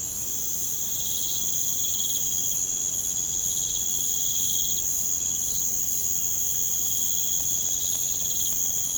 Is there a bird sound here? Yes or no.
no